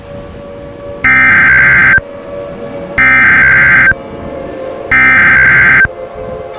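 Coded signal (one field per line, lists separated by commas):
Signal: Emergency Alert System (SAME) tones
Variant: header bursts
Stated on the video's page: Fictional Emergency Alert System scenario about Godzilla; simulated alert.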